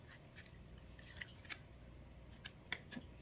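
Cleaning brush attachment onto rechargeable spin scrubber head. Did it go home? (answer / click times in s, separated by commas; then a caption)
no / none. A plastic cleaning brush attachment is pushed onto the head of a rechargeable spin scrubber, giving a few faint, sharp ticks and rubbing noises around 1.2, 1.5, 2.5 and 2.7 seconds over a low background hiss. The attachment does not click into place, so its retaining fingers have not grabbed the scrubber head.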